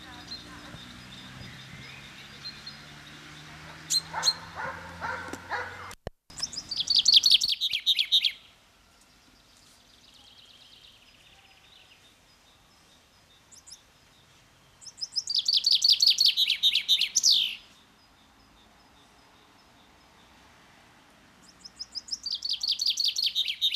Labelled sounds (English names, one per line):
Common Chaffinch song